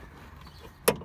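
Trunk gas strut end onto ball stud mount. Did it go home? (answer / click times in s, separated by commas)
yes / 0.9 s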